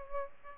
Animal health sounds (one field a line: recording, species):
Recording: mosquito wingbeat signal from an infrared sensor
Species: Aedes albopictus